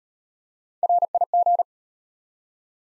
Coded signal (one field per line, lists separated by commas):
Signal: Morse code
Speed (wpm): 31 wpm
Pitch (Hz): 700 Hz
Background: none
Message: RIG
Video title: Top 20 QSO Elements - Speed-Racing - 25wpm